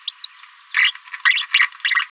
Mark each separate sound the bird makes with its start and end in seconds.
0.07-0.14, 0.24-0.28, 0.76-0.92, 1.25-1.43, 1.54-1.59, 1.95-2.04